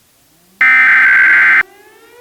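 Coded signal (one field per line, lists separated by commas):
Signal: Emergency Alert System (SAME) tones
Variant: header bursts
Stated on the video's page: Recreated tornado warning alert, not a live activation; the original used an unknown character generator/encoder.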